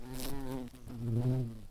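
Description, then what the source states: Garden bumblebee buzzing: a low, steady droning hum with rich overtones that briefly dips, then swells louder again toward the end. Queens.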